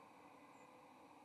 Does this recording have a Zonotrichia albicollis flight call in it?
no